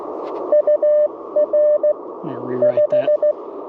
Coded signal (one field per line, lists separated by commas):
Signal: Morse code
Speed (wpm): 20 wpm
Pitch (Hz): 590 Hz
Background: speech, radio noise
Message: UR 5